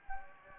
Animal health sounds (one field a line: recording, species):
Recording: mosquito wingbeat signal from an infrared sensor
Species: Anopheles gambiae